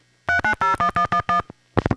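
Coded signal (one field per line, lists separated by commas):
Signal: DTMF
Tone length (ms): 100 ms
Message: 3901111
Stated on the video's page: DTMF from a 1975 tape recording of the old telephone network.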